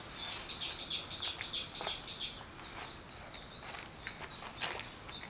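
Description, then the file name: Bird chirping: several loud, bright, high notes in quick succession, then softer scattered chirps and thin calls. Wild birds; 21 April 2023. "wild-bird 230421"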